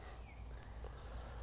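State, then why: Not seated. While tying a carp rig, an angler pulls the lead clip toward himself and pushes a small metal fishing swivel into it, with only faint handling noise over a steady low rumble and a brief sharp transient near 0.6 s. Nothing has seated or clicked yet; the swivel has not snapped home in the lead clip.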